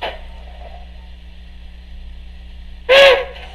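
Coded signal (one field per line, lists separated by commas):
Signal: train horn signal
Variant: steam locomotive whistle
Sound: one short, bright steam-style whistle blast after quiet low hum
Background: low electrical hum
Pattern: 1 short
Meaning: The locomotive has stopped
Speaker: when I come to a stop you hear that single blast of the whistle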